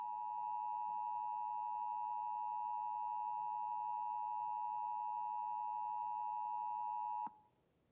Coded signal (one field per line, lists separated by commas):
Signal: Emergency Alert System (SAME) tones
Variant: 853 and 960 Hz attention tone